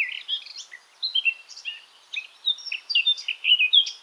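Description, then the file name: Eurasian blackcap song in short phrases of clear, whistled, fluty notes separated by brief gaps, growing richer near the end. "Sylvia atricapilla"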